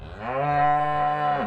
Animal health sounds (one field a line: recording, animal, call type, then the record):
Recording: contact call of a hoofed animal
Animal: cattle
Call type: low-frequency (closed-mouth) or high-frequency (open-mouth) call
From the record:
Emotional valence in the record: negative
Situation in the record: full separation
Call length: 1.48 s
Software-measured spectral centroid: 1200 Hz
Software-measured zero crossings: 1460 a second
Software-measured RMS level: -24 dBFS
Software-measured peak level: -10 dBFS